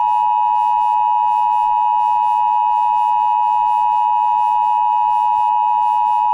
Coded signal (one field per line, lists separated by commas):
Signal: Emergency Alert System (SAME) tones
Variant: 853 and 960 Hz attention tone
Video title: EAS Comedy: Montana Zombie Apocalypse Hack